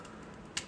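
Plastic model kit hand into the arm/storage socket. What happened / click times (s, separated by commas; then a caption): A small plastic part snapped into its socket / 0.6 s. A hand part from a Bandai HG IBO 1/144 Gunpla plastic model kit is pushed into the arm/storage socket. After a quiet low background, a single sharp plastic snap is heard at 0.6 s as the hand seats in the socket.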